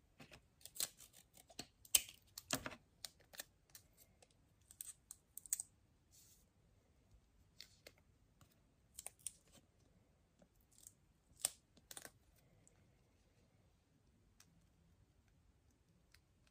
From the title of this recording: crinkle sounds, tapping sounds